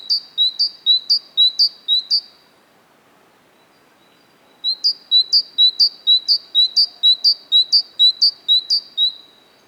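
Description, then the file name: Great tit repeating a bright two-note phrase of alternating high and lower notes in two fast bursts, with a quiet gap between them. "Parus major"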